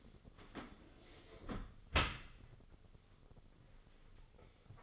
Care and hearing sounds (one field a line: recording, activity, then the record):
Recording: daily activity, microphone in the room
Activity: close dishwasher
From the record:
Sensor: 4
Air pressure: 996.6 hPa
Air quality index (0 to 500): 88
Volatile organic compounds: 4 ppm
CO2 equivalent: 1696 ppm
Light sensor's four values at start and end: 19/51/20/22 and 20/54/21/23